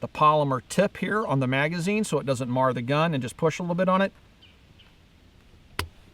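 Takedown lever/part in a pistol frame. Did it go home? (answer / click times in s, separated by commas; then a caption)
released / 5.8 s. Someone talks for about four seconds, then after a quiet pause the polymer tip of a magazine pushes on the takedown part in a pistol frame. Keeping the tip on the part avoids marring the gun. At 5.8 s a single sharp pop is heard as the part goes over its detent, releasing it so the takedown lever can rotate down.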